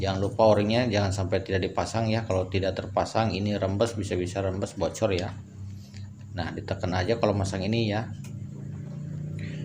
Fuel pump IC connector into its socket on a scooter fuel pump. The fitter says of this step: sudah bunyi klik berarti itu sudah masuk